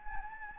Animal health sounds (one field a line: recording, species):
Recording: mosquito wingbeat signal from an infrared sensor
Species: Anopheles gambiae